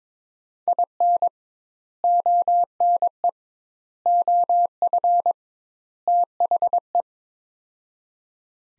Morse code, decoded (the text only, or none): IN ONE OF THE